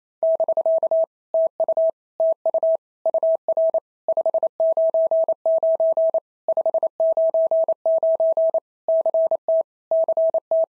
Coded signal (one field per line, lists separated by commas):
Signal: Morse code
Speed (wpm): 26 wpm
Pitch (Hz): 650 Hz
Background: none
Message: <BK> TU TU UR 599 599 CT CT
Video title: POTA QSO Practice - 28wpm